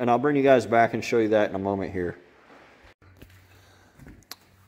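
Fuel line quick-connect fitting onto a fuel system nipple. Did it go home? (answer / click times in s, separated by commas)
yes / 4.3 s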